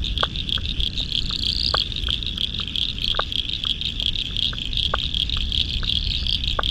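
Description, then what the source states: Chorusing frogs giving brief sharp clicks at irregular intervals against a constant shimmering high trill and soft low rumble. Spring frog chorus at dusk beside the South Pacific Ocean, Royal National Park, Australia, November 2015.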